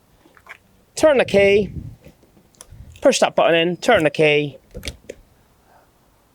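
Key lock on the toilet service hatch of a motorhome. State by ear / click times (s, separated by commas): seated / 5.1 s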